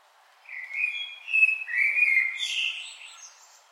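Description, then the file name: Common blackbird song: a single phrase of smooth, fluty whistles followed by a squeaky, high-pitched twittering tail. "Turdus merula"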